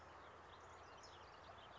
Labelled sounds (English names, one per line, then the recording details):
California Towhee
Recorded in Sonoma County, California